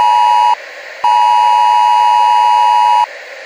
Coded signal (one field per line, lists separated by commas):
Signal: Emergency Alert System (SAME) tones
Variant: 853 and 960 Hz attention tone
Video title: EAS SCENARIO:apocalypse